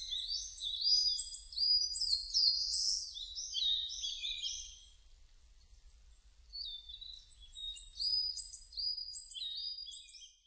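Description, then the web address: Bird song: dense, high, chattering warbles and trills pouring out in bursts, easing into a quieter stretch before the twittering swells again, over a faint low rumble. Recorded on 2 May 2005; described as birdsong twittering. "2005 050502 saezuri"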